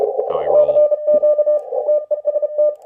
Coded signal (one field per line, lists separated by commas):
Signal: Morse code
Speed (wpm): 32 wpm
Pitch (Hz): 600 Hz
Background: speech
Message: CQ TEST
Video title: Remote Ham Radio Overview (With last hour of WPX!)